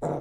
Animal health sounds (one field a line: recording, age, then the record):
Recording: pig call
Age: piglet (1 to 25 days)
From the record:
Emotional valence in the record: negative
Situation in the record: long isolation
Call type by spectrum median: low-frequency call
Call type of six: low-frequency stable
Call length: 0.21 s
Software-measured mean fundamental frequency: 52 Hz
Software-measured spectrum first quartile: 259 Hz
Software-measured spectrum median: 471 Hz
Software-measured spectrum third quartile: 674 Hz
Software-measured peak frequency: 477 Hz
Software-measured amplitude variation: 71 dB a second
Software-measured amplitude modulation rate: 11.9 a second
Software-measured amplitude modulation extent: 6.0 dB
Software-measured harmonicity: -0.3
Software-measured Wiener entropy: -0.46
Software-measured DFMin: 1350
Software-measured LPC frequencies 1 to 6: 545, 2111, 3858, 5935, 7126, 7477 Hz